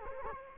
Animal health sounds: mosquito wingbeat signal from an infrared sensor; Culex quinquefasciatus

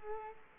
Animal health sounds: mosquito wingbeat signal from an infrared sensor; Culex quinquefasciatus

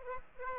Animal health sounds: mosquito wingbeat signal from an infrared sensor; Aedes aegypti

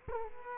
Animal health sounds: mosquito wingbeat signal from an infrared sensor; Culex quinquefasciatus

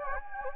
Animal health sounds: mosquito wingbeat signal from an infrared sensor; Anopheles gambiae

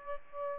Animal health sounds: mosquito wingbeat signal from an infrared sensor; Aedes aegypti

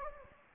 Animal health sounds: mosquito wingbeat signal from an infrared sensor; Anopheles gambiae

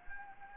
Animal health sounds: mosquito wingbeat signal from an infrared sensor; Anopheles gambiae

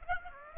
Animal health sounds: mosquito wingbeat signal from an infrared sensor; Aedes aegypti

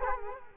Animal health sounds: mosquito wingbeat signal from an infrared sensor; Culex quinquefasciatus

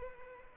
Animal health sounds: mosquito wingbeat signal from an infrared sensor; Culex pipiens

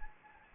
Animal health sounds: mosquito wingbeat signal from an infrared sensor; Anopheles gambiae

